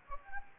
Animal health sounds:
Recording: mosquito wingbeat signal from an infrared sensor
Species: Anopheles gambiae

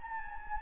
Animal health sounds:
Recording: mosquito wingbeat signal from an infrared sensor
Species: Anopheles gambiae

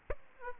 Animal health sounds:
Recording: mosquito wingbeat signal from an infrared sensor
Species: Aedes aegypti

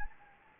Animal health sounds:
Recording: mosquito wingbeat signal from an infrared sensor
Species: Anopheles gambiae

